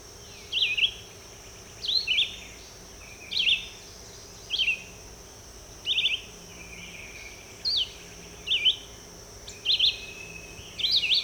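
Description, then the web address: Red-eyed vireo song: a steady series of short slurred phrases, roughly one every second or so, with a faint continuous hum behind. "birds vireos"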